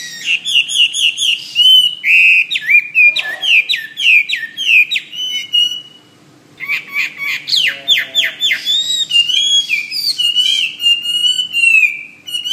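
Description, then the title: Bird song of rapid chattering chirps and sliding whistles in long phrases, broken by a short quiet gap around six seconds, then resuming energetically. "SuaraBurung Kicau"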